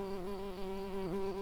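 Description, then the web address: Tree bumblebee buzzing: a steady droning hum with a slight wobble in pitch throughout. Workers. "Hypnorum workers"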